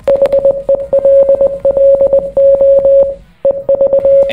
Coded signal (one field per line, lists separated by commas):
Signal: Morse code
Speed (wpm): 21 wpm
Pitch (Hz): 550 Hz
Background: none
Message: HELLO EV